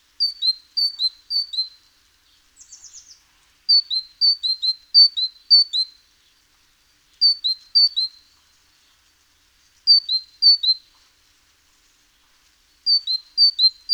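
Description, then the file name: Great tit song of paired high-low notes repeated in bursts, with a brief high rapid trill early on. "Parus major"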